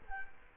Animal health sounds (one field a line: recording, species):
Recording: mosquito wingbeat signal from an infrared sensor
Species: Culex quinquefasciatus